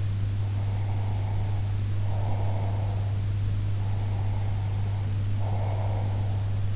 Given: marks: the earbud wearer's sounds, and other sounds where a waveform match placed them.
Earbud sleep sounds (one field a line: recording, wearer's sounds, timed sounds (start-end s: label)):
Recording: sounds in sleep by an in-ear microphone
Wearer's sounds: breath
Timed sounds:
0.53-3.13 s: breath
3.76-6.70 s: breath